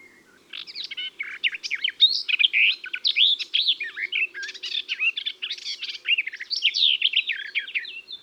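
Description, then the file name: Garden warbler song: a rapid, sustained, mellow warble of varied chattering and whistled notes flowing almost continuously throughout, with a faint low hum underneath. Song pleasant, melodious, rapid, in sometimes fairly long phrases; can be confused with the blackcap's but lower-voiced; found in thickets and dense scrub rather than gardens. "Fauvette des jardins"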